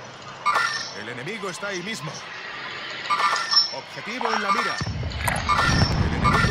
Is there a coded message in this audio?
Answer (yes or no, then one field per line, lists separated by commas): no